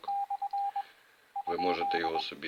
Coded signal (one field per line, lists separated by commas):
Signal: Morse code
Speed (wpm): 21 wpm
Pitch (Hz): 800 Hz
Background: speech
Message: / ?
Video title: Morse code by UR5GAW. Вивчення коду Морзе ефірним методом від UR5GAW. Урок 2